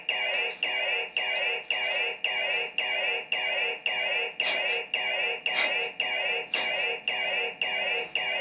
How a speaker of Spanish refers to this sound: Silencia esa alarma.